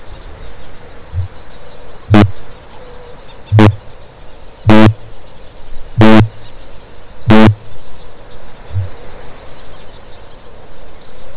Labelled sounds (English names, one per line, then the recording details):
Kākāpō boom
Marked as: faintness 3/5, faintness 1/5
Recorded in New Zealand
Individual Stumpy